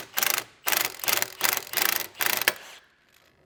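An impact gun drives a scissor-style ball joint separator on the front lower control arm of a 1999–2005 Porsche 996 911 Carrera, which is being replaced, so the ball joint boot isn't a concern. Five bursts of rapid impact hammering are heard, ending in a loud, sharp pop at 2.5 s. That pop is the steel ball joint stud releasing from the steering knuckle.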